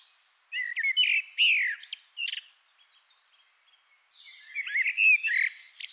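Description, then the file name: Eurasian blackbird song in two phrases: rich whistled notes ending in thin high twitters, a short silence, then a second warbling phrase. "Turdus merula"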